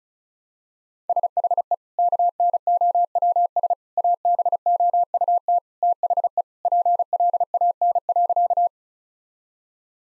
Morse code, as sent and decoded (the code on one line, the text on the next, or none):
... .... . / -.- -. --- .-- ... / .- -... --- ..- - / - .... . / .--. .-.. .- -. .-.-.-
SHE KNOWS ABOUT THE PLAN.